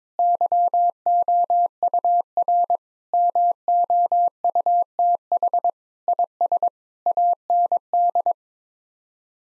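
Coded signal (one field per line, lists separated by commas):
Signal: Morse code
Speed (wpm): 22 wpm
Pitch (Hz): 700 Hz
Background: none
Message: YOUR MOUTH IS AND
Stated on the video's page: Morse practice: sets of 8 common English words at 22 wpm for head-copy, each word group sent in Morse twice.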